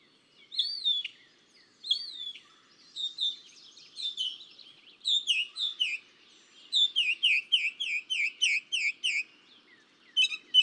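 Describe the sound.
Northern mockingbird song: slurred whistles, then a fast series of downward notes repeated many times, shifting between phrase types.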